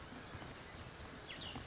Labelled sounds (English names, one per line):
Cassin's Vireo